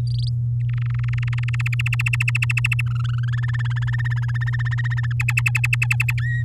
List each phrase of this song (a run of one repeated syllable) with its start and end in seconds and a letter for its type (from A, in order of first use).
0.07-0.29 A, 0.69-1.55 B, 1.59-2.81 C, 2.86-3.46 D, 3.48-5.13 E, 5.20-6.13 F, 6.18-6.43 G